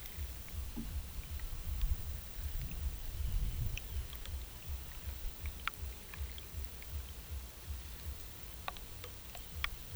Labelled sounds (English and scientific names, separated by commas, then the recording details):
none
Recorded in pastures near Puerto Asís, Putumayo, Colombia, on 22 December 2024 at 09:30
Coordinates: 0.486, -76.323
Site GP01